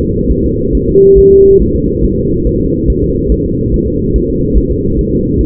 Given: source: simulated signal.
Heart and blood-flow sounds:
fetal heart sounds
0.02 s: S2
0.32 s: S1
0.46 s: S2
0.75 s: S1
0.89 s: S2
1.19 s: S1
1.33 s: S2
1.62 s: S1
1.76 s: S2
2.05 s: S1
2.19 s: S2
2.47 s: S1
2.61 s: S2
2.90 s: S1
3.04 s: S2
3.32 s: S1
3.46 s: S2
3.74 s: S1
3.88 s: S2
4.16 s: S1
4.30 s: S2
4.58 s: S1
4.72 s: S2
4.99 s: S1
5.13 s: S2
5.41 s: S1
From the record:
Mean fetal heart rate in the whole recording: 140 bpm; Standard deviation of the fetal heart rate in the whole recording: 2 bpm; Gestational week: 34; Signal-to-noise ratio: -14.7 dB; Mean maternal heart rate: 72 bpm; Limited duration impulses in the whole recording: present

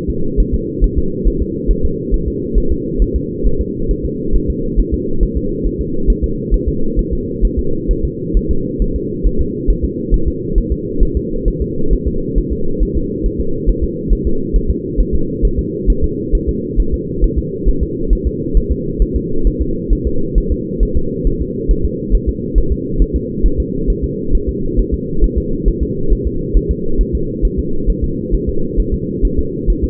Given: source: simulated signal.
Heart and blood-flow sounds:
fetal heart sounds
0.10 s: S2
0.40 s: S1
0.54 s: S2
0.84 s: S1
0.98 s: S2
1.27 s: S1
1.42 s: S2
1.71 s: S1
1.85 s: S2
2.14 s: S1
2.28 s: S2
2.58 s: S1
2.72 s: S2
3.02 s: S1
3.16 s: S2
3.47 s: S1
3.61 s: S2
3.91 s: S1
4.05 s: S2
4.36 s: S1
4.50 s: S2
4.80 s: S1
4.94 s: S2
5.23 s: S1
5.37 s: S2
5.66 s: S1
5.81 s: S2
6.10 s: S1
6.24 s: S2
6.54 s: S1
6.68 s: S2
6.99 s: S1
7.13 s: S2
7.45 s: S1
7.59 s: S2
7.91 s: S1
8.05 s: S2
8.37 s: S1
8.51 s: S2
8.82 s: S1
8.96 s: S2
9.26 s: S1
9.41 s: S2
9.70 s: S1
9.85 s: S2
10.14 s: S1
10.28 s: S2
10.58 s: S1
10.72 s: S2
11.03 s: S1
11.17 s: S2
11.48 s: S1
11.62 s: S2
11.93 s: S1
12.08 s: S2
12.38 s: S1
12.53 s: S2
12.83 s: S1
12.97 s: S2
13.26 s: S1
13.40 s: S2
13.69 s: S1
13.84 s: S2
14.13 s: S1
14.27 s: S2
14.56 s: S1
14.71 s: S2
15.00 s: S1
15.15 s: S2
15.45 s: S1
15.59 s: S2
15.90 s: S1
16.04 s: S2
16.35 s: S1
16.49 s: S2
16.80 s: S1
16.94 s: S2
17.24 s: S1
17.39 s: S2
17.69 s: S1
17.83 s: S2
18.13 s: S1
18.27 s: S2
18.57 s: S1
18.72 s: S2
19.02 s: S1
19.16 s: S2
19.47 s: S1
19.61 s: S2
19.93 s: S1
20.07 s: S2
20.38 s: S1
20.52 s: S2
20.83 s: S1
20.97 s: S2
21.27 s: S1
21.41 s: S2
21.71 s: S1
21.85 s: S2
22.15 s: S1
22.29 s: S2
22.58 s: S1
22.72 s: S2
23.02 s: S1
23.16 s: S2
23.46 s: S1
23.60 s: S2
23.90 s: S1
24.04 s: S2
24.35 s: S1
24.49 s: S2
24.79 s: S1
24.94 s: S2
25.24 s: S1
25.38 s: S2
25.68 s: S1
25.83 s: S2
26.12 s: S1
26.27 s: S2
26.57 s: S1
26.71 s: S2
27.01 s: S1
27.15 s: S2
27.45 s: S1
27.59 s: S2
27.90 s: S1
28.04 s: S2
28.34 s: S1
28.49 s: S2
28.80 s: S1
28.94 s: S2
29.25 s: S1
29.39 s: S2
29.70 s: S1
29.84 s: S2
From the record:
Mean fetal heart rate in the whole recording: 135 bpm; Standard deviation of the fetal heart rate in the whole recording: 3 bpm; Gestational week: 36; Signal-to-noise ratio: -8.1 dB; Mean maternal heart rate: 72 bpm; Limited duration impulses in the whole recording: absent

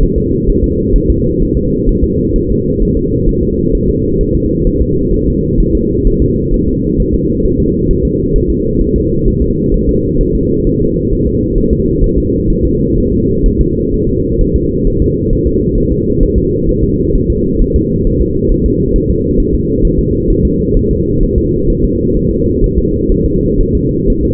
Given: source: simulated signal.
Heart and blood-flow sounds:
fetal heart sounds
0.03 s: S1
0.18 s: S2
0.49 s: S1
0.64 s: S2
0.96 s: S1
1.10 s: S2
1.42 s: S1
1.57 s: S2
1.89 s: S1
2.04 s: S2
2.36 s: S1
2.50 s: S2
2.83 s: S1
2.97 s: S2
3.29 s: S1
3.43 s: S2
3.75 s: S1
3.89 s: S2
4.21 s: S1
4.35 s: S2
4.67 s: S1
4.82 s: S2
5.14 s: S1
5.28 s: S2
5.60 s: S1
5.75 s: S2
6.07 s: S1
6.22 s: S2
6.54 s: S1
6.68 s: S2
7.00 s: S1
7.14 s: S2
7.45 s: S1
7.60 s: S2
7.91 s: S1
8.05 s: S2
8.36 s: S1
8.50 s: S2
8.81 s: S1
8.96 s: S2
9.28 s: S1
9.42 s: S2
9.74 s: S1
9.89 s: S2
10.21 s: S1
10.35 s: S2
10.67 s: S1
10.81 s: S2
11.13 s: S1
11.27 s: S2
11.58 s: S1
11.73 s: S2
12.04 s: S1
12.18 s: S2
12.50 s: S1
12.65 s: S2
12.98 s: S1
13.12 s: S2
13.46 s: S1
13.61 s: S2
13.94 s: S1
14.09 s: S2
14.41 s: S1
14.56 s: S2
14.88 s: S1
15.02 s: S2
15.33 s: S1
15.47 s: S2
15.78 s: S1
15.92 s: S2
16.23 s: S1
16.38 s: S2
16.69 s: S1
16.84 s: S2
17.15 s: S1
17.30 s: S2
17.62 s: S1
17.76 s: S2
18.07 s: S1
18.22 s: S2
18.52 s: S1
18.66 s: S2
18.96 s: S1
19.10 s: S2
19.40 s: S1
19.55 s: S2
19.85 s: S1
19.99 s: S2
20.30 s: S1
20.45 s: S2
20.77 s: S1
20.91 s: S2
21.23 s: S1
21.38 s: S2
21.70 s: S1
21.84 s: S2
22.17 s: S1
22.31 s: S2
22.64 s: S1
22.78 s: S2
23.12 s: S1
23.26 s: S2
23.61 s: S1
23.75 s: S2
24.10 s: S1
24.25 s: S2
From the record:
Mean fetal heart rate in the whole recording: 130 bpm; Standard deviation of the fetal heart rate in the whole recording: 4 bpm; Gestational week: 38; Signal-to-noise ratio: -10.2 dB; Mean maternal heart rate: 72 bpm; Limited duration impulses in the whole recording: present

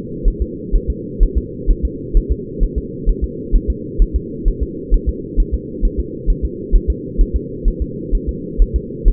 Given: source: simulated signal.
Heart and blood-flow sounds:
fetal heart sounds
0.28 s: S1
0.42 s: S2
0.75 s: S1
0.90 s: S2
1.23 s: S1
1.38 s: S2
1.70 s: S1
1.85 s: S2
2.17 s: S1
2.31 s: S2
2.63 s: S1
2.78 s: S2
3.09 s: S1
3.24 s: S2
3.55 s: S1
3.70 s: S2
4.02 s: S1
4.16 s: S2
4.48 s: S1
4.63 s: S2
4.94 s: S1
5.09 s: S2
5.40 s: S1
5.54 s: S2
5.85 s: S1
6.00 s: S2
6.30 s: S1
6.45 s: S2
6.76 s: S1
6.90 s: S2
7.21 s: S1
7.36 s: S2
7.68 s: S1
7.82 s: S2
8.15 s: S1
8.29 s: S2
8.62 s: S1
8.76 s: S2
9.08 s: S1
From the record:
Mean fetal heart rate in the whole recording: 130 bpm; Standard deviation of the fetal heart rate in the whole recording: 4 bpm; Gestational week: 38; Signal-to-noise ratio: -4.1 dB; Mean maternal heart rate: no maternal heart sound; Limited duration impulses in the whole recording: absent

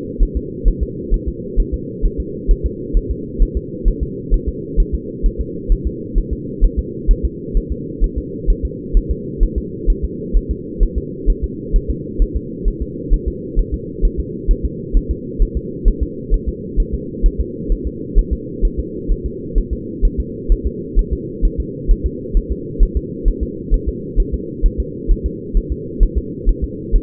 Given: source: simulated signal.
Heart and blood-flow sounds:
fetal heart sounds
0.23 s: S1
0.37 s: S2
0.68 s: S1
0.83 s: S2
1.14 s: S1
1.28 s: S2
1.60 s: S1
1.74 s: S2
2.05 s: S1
2.20 s: S2
2.51 s: S1
2.66 s: S2
2.97 s: S1
3.11 s: S2
3.42 s: S1
3.57 s: S2
3.88 s: S1
4.03 s: S2
4.34 s: S1
4.49 s: S2
4.80 s: S1
4.95 s: S2
5.26 s: S1
5.41 s: S2
5.72 s: S1
5.87 s: S2
6.18 s: S1
6.33 s: S2
6.65 s: S1
6.79 s: S2
7.11 s: S1
7.25 s: S2
7.57 s: S1
7.72 s: S2
8.04 s: S1
8.18 s: S2
8.50 s: S1
8.65 s: S2
8.97 s: S1
9.11 s: S2
9.43 s: S1
9.58 s: S2
9.90 s: S1
10.05 s: S2
10.37 s: S1
10.51 s: S2
10.83 s: S1
10.98 s: S2
11.30 s: S1
11.44 s: S2
11.76 s: S1
11.91 s: S2
12.22 s: S1
12.37 s: S2
12.68 s: S1
12.82 s: S2
13.14 s: S1
13.28 s: S2
13.59 s: S1
13.74 s: S2
14.05 s: S1
14.20 s: S2
14.51 s: S1
14.65 s: S2
14.97 s: S1
15.11 s: S2
15.42 s: S1
15.57 s: S2
15.88 s: S1
16.03 s: S2
16.34 s: S1
16.48 s: S2
16.80 s: S1
16.94 s: S2
17.26 s: S1
17.41 s: S2
17.72 s: S1
17.87 s: S2
18.19 s: S1
18.33 s: S2
18.65 s: S1
18.80 s: S2
19.12 s: S1
19.26 s: S2
19.58 s: S1
19.73 s: S2
20.05 s: S1
20.20 s: S2
20.52 s: S1
20.67 s: S2
20.99 s: S1
21.13 s: S2
21.45 s: S1
21.60 s: S2
21.91 s: S1
22.06 s: S2
22.37 s: S1
22.52 s: S2
22.83 s: S1
22.97 s: S2
23.28 s: S1
23.43 s: S2
23.74 s: S1
23.89 s: S2
24.20 s: S1
24.34 s: S2
24.66 s: S1
24.80 s: S2
25.12 s: S1
25.26 s: S2
25.57 s: S1
25.72 s: S2
26.03 s: S1
26.18 s: S2
26.49 s: S1
26.64 s: S2
26.96 s: S1
From the record:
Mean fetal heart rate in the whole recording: 130 bpm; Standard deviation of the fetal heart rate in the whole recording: 2 bpm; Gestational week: 38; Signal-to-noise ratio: -4.1 dB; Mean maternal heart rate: no maternal heart sound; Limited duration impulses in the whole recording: absent

